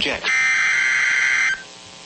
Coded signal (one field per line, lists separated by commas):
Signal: Emergency Alert System (SAME) tones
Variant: header bursts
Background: speech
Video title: Special Marine Warning [EAS #378]